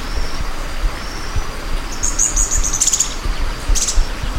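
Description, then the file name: Bird giving a quick run of very high, thin chirps, then a brief second burst, over constant low rumbling noise. "SABIOD 50 bird 2015"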